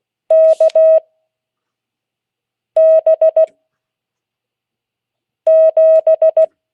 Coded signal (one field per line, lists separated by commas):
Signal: Morse code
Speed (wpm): 16 wpm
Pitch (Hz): 640 Hz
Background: none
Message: K B 7